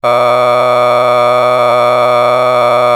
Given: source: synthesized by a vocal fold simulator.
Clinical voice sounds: sustained vowel; male; a random mix of aspiration noise, stiffness perturbation and strain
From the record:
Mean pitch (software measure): 123 Hz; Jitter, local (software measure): 2.03%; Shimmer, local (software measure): 6.8%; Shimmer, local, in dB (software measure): 0.61 dB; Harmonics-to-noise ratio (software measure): 11.5 dB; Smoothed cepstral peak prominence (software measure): 17.4 dB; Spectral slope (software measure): -13.5 dB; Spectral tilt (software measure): -10.3 dB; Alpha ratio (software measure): -4.0 dB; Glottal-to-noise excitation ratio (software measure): 0.983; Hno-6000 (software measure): 1.9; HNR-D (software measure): 25.1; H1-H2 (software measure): 1.0 dB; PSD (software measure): 1.7e-04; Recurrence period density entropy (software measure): 0.118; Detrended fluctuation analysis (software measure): 0.0292

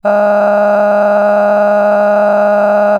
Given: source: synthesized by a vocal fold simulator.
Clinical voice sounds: sustained vowel; female; cycle-to-cycle stiffness perturbation (roughness), level 7 of 10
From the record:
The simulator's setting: 4.56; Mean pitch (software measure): 207 Hz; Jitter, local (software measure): 2.10%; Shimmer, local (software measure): 15.4%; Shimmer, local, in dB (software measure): 1.35 dB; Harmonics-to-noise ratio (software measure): 13.3 dB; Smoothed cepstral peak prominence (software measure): 15.0 dB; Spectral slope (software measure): -21.9 dB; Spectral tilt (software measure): -11.7 dB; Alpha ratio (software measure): -12.3 dB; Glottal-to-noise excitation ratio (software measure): 0.951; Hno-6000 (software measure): 2.2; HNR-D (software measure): 29.1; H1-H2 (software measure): -0.1 dB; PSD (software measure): 8.9e-05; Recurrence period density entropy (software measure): 0.117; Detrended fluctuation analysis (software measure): 0.0281

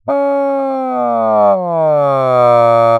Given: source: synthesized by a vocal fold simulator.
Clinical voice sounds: sustained vowel; male; asymmetry, level 48 of 51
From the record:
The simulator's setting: 5.70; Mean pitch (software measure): 130 Hz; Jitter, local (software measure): 0.40%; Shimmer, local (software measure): 1.9%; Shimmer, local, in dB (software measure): 0.16 dB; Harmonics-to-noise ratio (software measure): 28.7 dB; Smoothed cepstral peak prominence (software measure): 22.3 dB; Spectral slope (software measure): -19.2 dB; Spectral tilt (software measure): -13.0 dB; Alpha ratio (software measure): -9.6 dB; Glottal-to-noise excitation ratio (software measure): 0.955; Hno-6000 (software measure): 2.8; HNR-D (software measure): 28.4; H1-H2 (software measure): -3.5 dB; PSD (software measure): 1.1e-03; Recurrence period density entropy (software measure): 0.113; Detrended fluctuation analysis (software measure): 0.0415

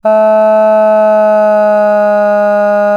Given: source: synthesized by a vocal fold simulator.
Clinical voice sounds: sustained vowel; female; asymmetry, level 3 of 51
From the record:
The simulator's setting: 1.20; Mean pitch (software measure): 212 Hz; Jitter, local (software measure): 0.14%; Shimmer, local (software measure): 1.2%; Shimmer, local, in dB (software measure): 0.11 dB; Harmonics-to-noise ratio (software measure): 33.3 dB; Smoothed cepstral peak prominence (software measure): 18.5 dB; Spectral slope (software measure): -24.4 dB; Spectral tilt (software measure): -9.8 dB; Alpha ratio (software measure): -14.9 dB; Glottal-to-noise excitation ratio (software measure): 0.962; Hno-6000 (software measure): 2.5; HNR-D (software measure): 38.9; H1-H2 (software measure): 9.4 dB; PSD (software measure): 8.8e-05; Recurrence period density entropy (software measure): 0.125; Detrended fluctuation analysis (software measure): 0.0235

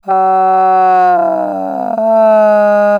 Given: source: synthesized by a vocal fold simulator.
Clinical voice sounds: sustained vowel; female; asymmetry, level 30 of 51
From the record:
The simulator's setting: 3.90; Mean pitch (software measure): 183 Hz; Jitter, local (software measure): 0.79%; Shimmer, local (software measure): 3.7%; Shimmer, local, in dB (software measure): 0.26 dB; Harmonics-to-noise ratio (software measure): 25.1 dB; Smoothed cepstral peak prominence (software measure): 15.7 dB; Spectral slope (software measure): -23.7 dB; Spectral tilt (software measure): -12.6 dB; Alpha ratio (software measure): -14.2 dB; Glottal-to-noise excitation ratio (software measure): 0.933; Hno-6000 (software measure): 2.6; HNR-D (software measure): 33.0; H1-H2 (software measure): -3.5 dB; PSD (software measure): 1.8e-03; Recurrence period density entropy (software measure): 0.117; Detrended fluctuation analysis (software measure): 0.0247

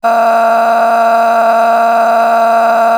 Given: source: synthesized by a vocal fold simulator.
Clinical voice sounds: sustained vowel; female; a random mix of aspiration noise, stiffness perturbation and strain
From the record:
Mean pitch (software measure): 229 Hz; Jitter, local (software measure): 2.42%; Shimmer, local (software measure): 9.6%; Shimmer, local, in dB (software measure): 0.85 dB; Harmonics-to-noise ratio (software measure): 11.9 dB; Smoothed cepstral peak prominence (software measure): 11.2 dB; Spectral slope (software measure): -18.5 dB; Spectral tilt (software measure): -9.6 dB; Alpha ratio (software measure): -9.0 dB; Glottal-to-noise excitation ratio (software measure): 0.831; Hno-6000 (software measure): 2.0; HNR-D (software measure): 34.0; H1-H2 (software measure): 0.4 dB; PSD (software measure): 9.8e-05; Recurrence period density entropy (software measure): 0.118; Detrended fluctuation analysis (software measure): 0.0122

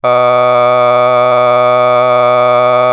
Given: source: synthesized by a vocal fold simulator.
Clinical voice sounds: sustained vowel; male; a random mix of aspiration noise, stiffness perturbation and strain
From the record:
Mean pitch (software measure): 124 Hz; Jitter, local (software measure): 0.75%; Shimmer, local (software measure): 3.9%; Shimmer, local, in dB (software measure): 0.35 dB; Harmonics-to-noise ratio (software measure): 19.5 dB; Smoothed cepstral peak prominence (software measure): 21.2 dB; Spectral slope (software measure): -14.2 dB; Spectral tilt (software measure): -9.5 dB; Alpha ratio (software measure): -4.6 dB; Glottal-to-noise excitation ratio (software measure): 0.994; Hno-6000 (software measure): 2.0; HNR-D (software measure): 30.6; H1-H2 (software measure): 1.3 dB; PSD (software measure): 8.4e-05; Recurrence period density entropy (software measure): 0.113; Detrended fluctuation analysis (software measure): 0.0306

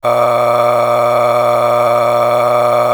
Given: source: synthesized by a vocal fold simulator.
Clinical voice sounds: sustained vowel; male; a random mix of aspiration noise, stiffness perturbation and strain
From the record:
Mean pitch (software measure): 120 Hz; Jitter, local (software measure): 2.64%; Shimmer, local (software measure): 12.7%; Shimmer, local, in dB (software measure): 1.12 dB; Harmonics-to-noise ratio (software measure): 8.4 dB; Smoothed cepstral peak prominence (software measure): 11.3 dB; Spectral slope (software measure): -15.4 dB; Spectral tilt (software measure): -9.3 dB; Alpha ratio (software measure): -5.8 dB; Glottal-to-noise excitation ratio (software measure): 0.852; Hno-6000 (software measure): 1.8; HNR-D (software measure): 22.8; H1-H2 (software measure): 3.3 dB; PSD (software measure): 1.8e-04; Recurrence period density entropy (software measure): 0.127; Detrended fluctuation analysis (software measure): 0.0383

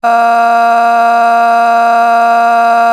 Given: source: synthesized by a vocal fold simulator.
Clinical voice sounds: sustained vowel; female; a random mix of aspiration noise, stiffness perturbation and strain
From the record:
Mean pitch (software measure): 233 Hz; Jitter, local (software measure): 0.76%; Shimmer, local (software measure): 5.1%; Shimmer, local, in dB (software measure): 0.44 dB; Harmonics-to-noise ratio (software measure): 19.8 dB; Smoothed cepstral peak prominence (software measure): 15.3 dB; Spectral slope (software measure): -17.8 dB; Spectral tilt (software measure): -8.3 dB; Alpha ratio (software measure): -8.2 dB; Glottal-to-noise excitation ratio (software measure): 0.929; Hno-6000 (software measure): 2.0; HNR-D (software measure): 40.0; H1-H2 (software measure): -3.2 dB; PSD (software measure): 3.2e-05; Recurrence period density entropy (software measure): 0.117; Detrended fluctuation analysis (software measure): 0.0113

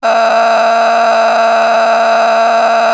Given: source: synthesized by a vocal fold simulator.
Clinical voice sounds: sustained vowel; female; a random mix of aspiration noise, stiffness perturbation and strain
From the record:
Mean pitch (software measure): 228 Hz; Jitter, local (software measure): 3.50%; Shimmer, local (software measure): 12.5%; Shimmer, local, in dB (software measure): 0.95 dB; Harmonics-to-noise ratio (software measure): 8.3 dB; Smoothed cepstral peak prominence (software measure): 9.4 dB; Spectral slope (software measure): -16.6 dB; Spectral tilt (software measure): -8.8 dB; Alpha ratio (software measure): -7.1 dB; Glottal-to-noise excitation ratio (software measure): 0.840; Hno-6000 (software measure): 1.7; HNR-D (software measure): 29.6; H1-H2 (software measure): -1.7 dB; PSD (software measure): 1.1e-03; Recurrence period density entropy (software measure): 0.131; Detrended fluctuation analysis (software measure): 0.0105

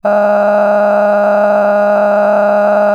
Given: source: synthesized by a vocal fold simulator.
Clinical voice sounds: sustained vowel; female; cycle-to-cycle stiffness perturbation (roughness), level 8 of 10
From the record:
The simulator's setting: 5.22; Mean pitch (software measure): 206 Hz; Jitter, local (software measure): 2.23%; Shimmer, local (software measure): 17.8%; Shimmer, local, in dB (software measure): 1.55 dB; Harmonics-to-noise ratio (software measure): 11.7 dB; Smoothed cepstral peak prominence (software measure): 14.2 dB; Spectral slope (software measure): -21.7 dB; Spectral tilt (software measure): -11.8 dB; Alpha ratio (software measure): -12.2 dB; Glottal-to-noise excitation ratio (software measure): 0.945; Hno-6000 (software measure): 2.4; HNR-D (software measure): 28.7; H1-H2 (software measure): 0.8 dB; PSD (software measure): 9.9e-05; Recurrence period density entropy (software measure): 0.114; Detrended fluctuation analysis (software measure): 0.0286

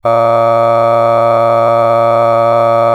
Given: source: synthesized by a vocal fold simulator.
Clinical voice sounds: sustained vowel; male; a random mix of aspiration noise, stiffness perturbation and strain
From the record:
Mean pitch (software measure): 115 Hz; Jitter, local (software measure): 1.46%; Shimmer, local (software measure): 5.9%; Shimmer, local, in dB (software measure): 0.48 dB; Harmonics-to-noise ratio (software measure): 15.7 dB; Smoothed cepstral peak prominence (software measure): 18.3 dB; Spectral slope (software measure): -17.1 dB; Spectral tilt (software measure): -11.3 dB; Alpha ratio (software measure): -7.5 dB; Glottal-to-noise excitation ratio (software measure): 0.984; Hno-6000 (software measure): 2.4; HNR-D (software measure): 22.7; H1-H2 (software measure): 5.0 dB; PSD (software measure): 1.0e-04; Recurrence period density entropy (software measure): 0.105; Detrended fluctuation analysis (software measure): 0.0557

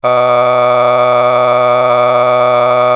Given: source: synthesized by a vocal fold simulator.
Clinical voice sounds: sustained vowel; male; a random mix of aspiration noise, stiffness perturbation and strain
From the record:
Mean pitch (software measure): 124 Hz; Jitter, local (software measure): 1.29%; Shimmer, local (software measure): 8.4%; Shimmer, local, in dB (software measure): 0.74 dB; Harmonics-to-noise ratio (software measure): 13.6 dB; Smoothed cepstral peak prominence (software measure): 17.1 dB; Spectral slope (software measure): -14.2 dB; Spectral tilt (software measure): -9.8 dB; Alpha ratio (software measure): -4.6 dB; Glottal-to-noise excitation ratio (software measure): 0.958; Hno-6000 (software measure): 1.9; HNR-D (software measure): 27.4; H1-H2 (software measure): 1.1 dB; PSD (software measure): 1.2e-04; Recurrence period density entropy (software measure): 0.117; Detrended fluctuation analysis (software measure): 0.0310

